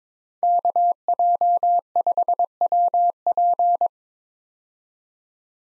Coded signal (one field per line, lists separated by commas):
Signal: Morse code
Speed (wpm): 22 wpm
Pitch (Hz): 700 Hz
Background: none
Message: KJ5WP